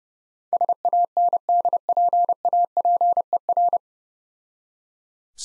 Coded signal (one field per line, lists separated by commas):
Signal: Morse code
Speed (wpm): 30 wpm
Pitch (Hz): 700 Hz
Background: none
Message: SANDPAPER